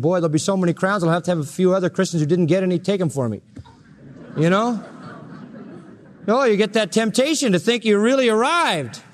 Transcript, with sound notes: Boy, they'll be so many crowns, I'll have to have a few other Christians who didn't get any and take them for me," you know? [Laughter] Or you get that temptation to think you've really arrived.